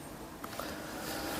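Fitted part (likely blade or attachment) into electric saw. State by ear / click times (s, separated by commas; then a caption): not seated / none. A part, likely a blade or attachment, is handled and fitted into an electric saw, with brief handling knocks at about 0.4 s and 0.6 s over steady low background noise. The part has not yet snapped into place; nothing has seated or clicked yet.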